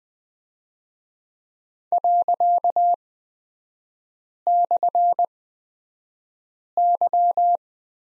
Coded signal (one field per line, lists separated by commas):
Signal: Morse code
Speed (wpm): 20 wpm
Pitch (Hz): 700 Hz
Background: none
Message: ./Y